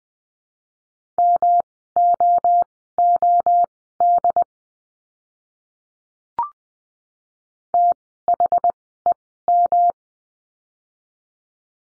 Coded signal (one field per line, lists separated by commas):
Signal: Morse code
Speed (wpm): 20 wpm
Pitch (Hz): 700 Hz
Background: none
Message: MOOD THEM